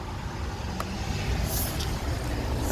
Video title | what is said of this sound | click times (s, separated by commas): a diagnostics callout 2009 mini Cooper- multiple codes.... solved with??? | and you always twist to lock so you hear a noticeable click | 0.8 s